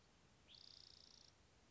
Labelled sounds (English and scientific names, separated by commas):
Spotted Towhee (Pipilo maculatus)